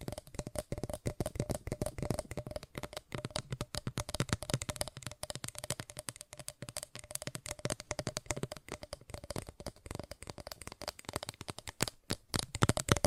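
Fast tapping runs for the full thirteen seconds, a dense, rapid patter of short clicky strikes with a rustling, card-shuffling texture. The pace stays busy throughout with slight unevenness, a faint steady hum underneath, and a couple of brief gaps near twelve seconds.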